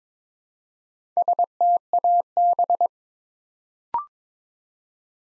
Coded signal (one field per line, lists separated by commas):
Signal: Morse code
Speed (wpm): 22 wpm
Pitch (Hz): 700 Hz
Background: none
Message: STAB